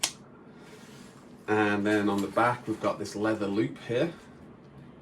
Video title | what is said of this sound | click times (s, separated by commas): Kickstarter Adventures- JO-E sling bag by Slughaus - First impressions! | You can hear that sort of click into place. | 0.0 s